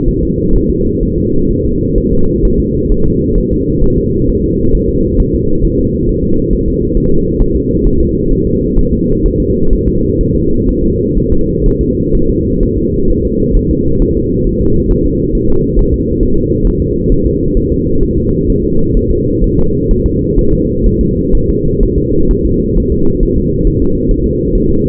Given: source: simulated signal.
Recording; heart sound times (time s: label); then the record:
fetal heart sounds
0.08 s: S1
0.23 s: S2
0.56 s: S1
0.70 s: S2
1.03 s: S1
1.18 s: S2
1.51 s: S1
1.65 s: S2
1.98 s: S1
2.13 s: S2
2.45 s: S1
2.60 s: S2
2.92 s: S1
3.06 s: S2
3.38 s: S1
3.53 s: S2
3.84 s: S1
3.98 s: S2
4.29 s: S1
4.44 s: S2
4.75 s: S1
4.89 s: S2
5.20 s: S1
5.34 s: S2
5.65 s: S1
5.79 s: S2
6.09 s: S1
6.24 s: S2
6.53 s: S1
6.68 s: S2
6.97 s: S1
7.12 s: S2
7.42 s: S1
7.56 s: S2
7.87 s: S1
8.01 s: S2
8.32 s: S1
8.47 s: S2
8.79 s: S1
8.93 s: S2
9.26 s: S1
9.40 s: S2
9.73 s: S1
9.88 s: S2
10.21 s: S1
10.36 s: S2
10.69 s: S1
10.84 s: S2
11.18 s: S1
11.32 s: S2
11.66 s: S1
11.81 s: S2
12.15 s: S1
12.30 s: S2
12.63 s: S1
12.78 s: S2
13.10 s: S1
13.25 s: S2
13.57 s: S1
13.71 s: S2
14.02 s: S1
14.17 s: S2
14.47 s: S1
14.61 s: S2
14.91 s: S1
15.06 s: S2
15.35 s: S1
15.50 s: S2
15.79 s: S1
15.94 s: S2
16.23 s: S1
16.38 s: S2
16.67 s: S1
16.82 s: S2
17.12 s: S1
17.27 s: S2
17.57 s: S1
17.72 s: S2
18.03 s: S1
18.18 s: S2
18.50 s: S1
18.64 s: S2
18.97 s: S1
19.11 s: S2
19.44 s: S1
19.59 s: S2
19.91 s: S1
20.06 s: S2
20.39 s: S1
20.53 s: S2
20.87 s: S1
21.01 s: S2
21.35 s: S1
21.49 s: S2
21.83 s: S1
21.98 s: S2
22.31 s: S1
22.46 s: S2
22.78 s: S1
22.92 s: S2
23.23 s: S1
23.38 s: S2
23.67 s: S1
23.82 s: S2
24.11 s: S1
24.26 s: S2
24.55 s: S1
24.70 s: S2
From the record:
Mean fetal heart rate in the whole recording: 130 bpm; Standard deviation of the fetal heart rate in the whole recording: 4 bpm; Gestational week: 38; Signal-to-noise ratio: -16.4 dB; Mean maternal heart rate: 72 bpm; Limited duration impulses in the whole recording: present